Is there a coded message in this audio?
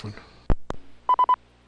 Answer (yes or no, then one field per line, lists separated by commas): no